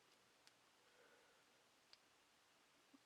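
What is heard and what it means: A small plastic adapter tip is pushed into an Xtreme Tech micro USB/HDMI adapter cable. Two faint, sharp clicks are heard at 0.5 s and 1.9 s over a quiet, steady background, and the tip is seated.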